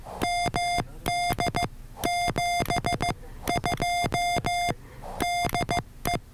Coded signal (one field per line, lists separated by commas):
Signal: Morse code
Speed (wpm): 15 wpm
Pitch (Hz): 700 Hz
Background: none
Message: MD 72 DE